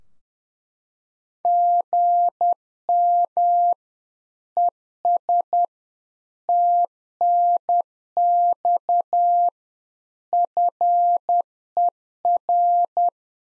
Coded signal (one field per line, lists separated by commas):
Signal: Morse code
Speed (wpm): 10 wpm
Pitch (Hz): 700 Hz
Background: none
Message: GM ES TNX FER